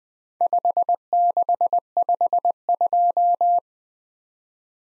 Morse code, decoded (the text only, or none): 5652